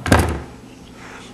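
The bolt assembly of a MacDev Cyborg RX paintball marker is twisted and pulled out of the marker body. Two sharp knocks land close together at about 0.1 s and 0.1 s, then fade into a quiet tail. The bolt assembly pops right out and is released.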